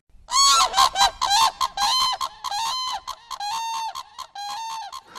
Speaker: To jest głos pary żurawi, to jest tak zwany klangor.